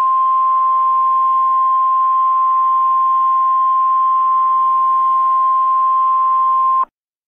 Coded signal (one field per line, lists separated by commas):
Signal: Emergency Alert System (SAME) tones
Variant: 1050 Hz attention tone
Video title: EAS Scenario The Unknown